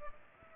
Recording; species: mosquito wingbeat signal from an infrared sensor; Culex pipiens